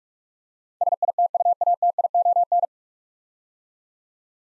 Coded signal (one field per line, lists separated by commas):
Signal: Morse code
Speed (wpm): 44 wpm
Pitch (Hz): 700 Hz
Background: none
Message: SITUATION